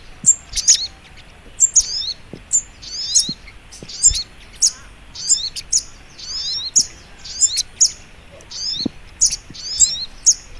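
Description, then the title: Little Spiderhunter song of sharp, high tweets in quick clusters, repeating steadily throughout. Masteran (training) recording, labaik variant. "Masteran Burung Sogok Ontong Labaik"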